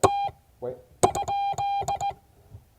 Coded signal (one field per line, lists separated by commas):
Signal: Morse code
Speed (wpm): 17 wpm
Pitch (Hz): 800 Hz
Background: speech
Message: T?